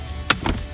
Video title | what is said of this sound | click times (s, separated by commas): Rachel’s 2018 Chrysler Pacifica | then this will actually lock into place up there, just like that. | 0.3 s